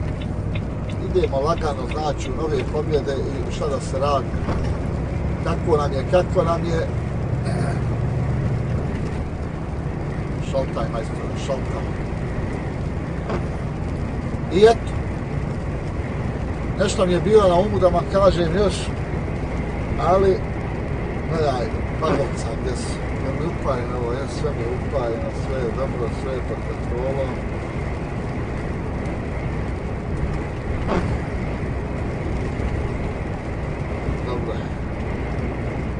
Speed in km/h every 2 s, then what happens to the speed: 69, 72, 74, 77, 80, 80, 82, 84, 85, 87, 86, 86, 87, 87, 87, 87, 87, 87.
0-17 speeds up to 87. 17-36 steady at about 87.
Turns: none.